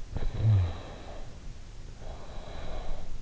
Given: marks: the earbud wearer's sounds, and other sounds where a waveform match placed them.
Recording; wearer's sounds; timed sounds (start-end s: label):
sounds in sleep by an in-ear microphone; snoring breath
0.07-3.22 s: snoring breath